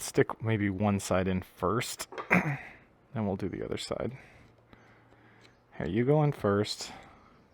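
Someone talks while a metal fork seal retaining clip is handled, with one side being pushed into its groove in the fork tube of a 2007 Kawasaki KLX250s motorcycle fork first. Two faint, sharp ticks of handling noise are heard near 4.7 and 5.5 seconds during a quiet pause, before more talking. The clip has not clicked into its groove yet, and nothing has seated.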